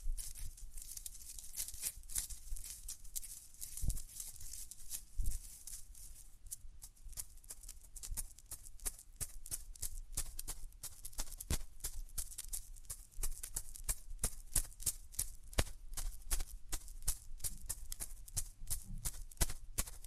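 Hands rub over the ears, making a dense, continuous rustling hiss that stays bright and airy throughout. Quick soft scratchy strokes and pops come irregularly, several per second, with a couple of low thumps near four and five seconds.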